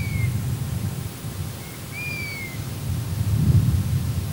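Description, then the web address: Golden plover calls: a brief whistle, then a short note leading into a clear downslurred whistle, against a constant low rumble. "Piviere dorato"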